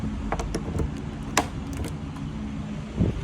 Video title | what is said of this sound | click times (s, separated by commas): Dethleffs Trend 2014 Handover video | push to the right until you hear the click, and | 1.4 s